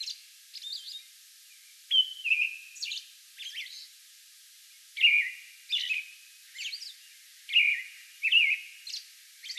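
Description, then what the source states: American robin song: short whistled caroling phrases in loose groups with thin, high squeaky notes between, pauses of a second or two separating bursts. Song bout on May 11.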